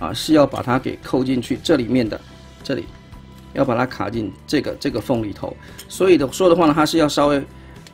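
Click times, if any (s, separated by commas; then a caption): none. Someone talks over background music while handling a Transformers MPM15 Brawl figure, working the angled tip of a plastic panel toward the slot in the figure's leg. The tab is only being lined up to be pushed in first and then clipped in; nothing has seated or clicked yet.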